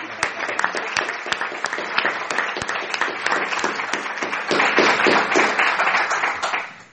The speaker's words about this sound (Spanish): Y nada, un aplauso al autor, que se lo merece.